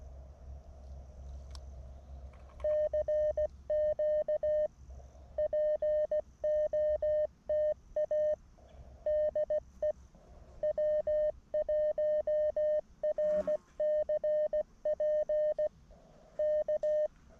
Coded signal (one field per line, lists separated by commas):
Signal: Morse code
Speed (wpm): 17 wpm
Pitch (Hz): 610 Hz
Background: none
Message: CQ POTA DE W1RCP K